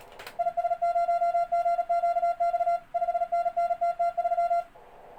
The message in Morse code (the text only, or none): IS0GQX 5NN TT3